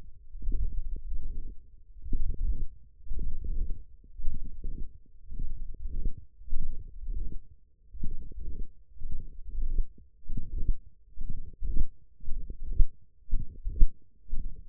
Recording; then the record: forearm muscle sounds (acoustic myography)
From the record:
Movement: wrist extension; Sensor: system 1, eight BSWA MPA416 microphones around the upper forearm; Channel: 7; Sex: male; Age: 23 years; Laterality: right